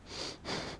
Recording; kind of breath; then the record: one breath in and out by a microphone near the nose and mouth; strong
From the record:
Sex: male